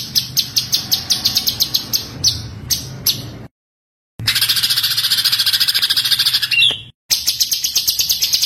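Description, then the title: White-eye song: rapid, high, sharp chirping notes in a fast, uneven stream, broken by two brief abrupt silences, then resuming with dense twittering. White-eye singing gacor (continuously) with full tembakan (rapid-fire bursts). "Masteran Burung Pleci Gacor Full Tembakan"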